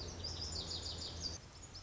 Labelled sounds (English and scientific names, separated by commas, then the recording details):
Lazuli Bunting (Passerina amoena)
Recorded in Sonoma County, California